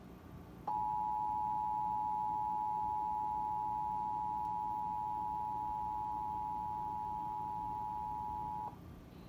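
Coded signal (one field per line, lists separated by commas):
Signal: Emergency Alert System (SAME) tones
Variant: 853 and 960 Hz attention tone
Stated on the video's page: Required Monthly Test carried by a Dallas-Fort Worth television station.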